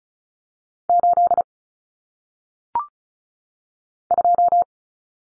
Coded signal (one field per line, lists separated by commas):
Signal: Morse code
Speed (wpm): 36 wpm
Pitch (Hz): 700 Hz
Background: none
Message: 8 2